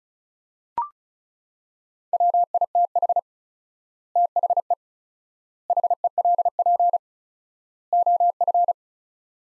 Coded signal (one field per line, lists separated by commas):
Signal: Morse code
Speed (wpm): 36 wpm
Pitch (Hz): 700 Hz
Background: none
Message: WITH THE HELP OF